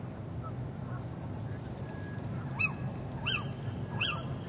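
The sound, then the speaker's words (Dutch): A Canada goose honks three times in quick succession in the background, nasal rising-and-falling calls over a steady bed of low rumble and faint buzzing of great green bush-crickets, with a brief thin whistle just before. Recorded just after sunset in a polder northeast of 's-Hertogenbosch, Netherlands. “De Canadese gans op de achtergrond.”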